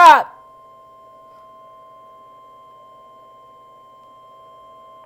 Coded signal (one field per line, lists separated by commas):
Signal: Emergency Alert System (SAME) tones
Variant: 1050 Hz attention tone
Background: speech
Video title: Severe thunderstorm warning eas #126 and #127 Double header First time this year!